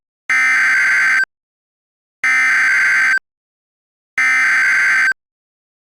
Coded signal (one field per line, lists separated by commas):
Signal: Emergency Alert System (SAME) tones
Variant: header bursts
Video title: EAS Scenario - All In